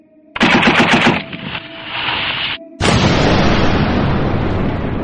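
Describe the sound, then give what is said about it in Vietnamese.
A large, heavy object crashes into the sea: a loud, harsh burst, a brief drop, then a dense churning roar of water that carries on to the end, with no voices. “Chàng không thể nào lầm được, đây là một vật lớn và nặng rơi xuống biển.”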